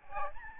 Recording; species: mosquito wingbeat signal from an infrared sensor; Aedes albopictus